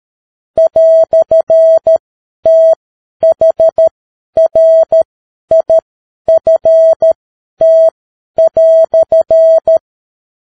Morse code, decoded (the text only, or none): "THRIFT"